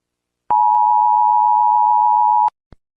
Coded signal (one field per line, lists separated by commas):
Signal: Emergency Alert System (SAME) tones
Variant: 853 and 960 Hz attention tone